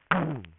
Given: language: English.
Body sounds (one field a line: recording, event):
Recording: throat vibration sensor signal played as sound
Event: throat clearing